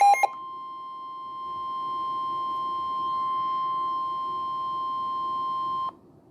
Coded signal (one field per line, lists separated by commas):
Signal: Emergency Alert System (SAME) tones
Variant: 1050 Hz attention tone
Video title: [EAS #2] Special Marine Warning for Coastal Waters (27/05/24)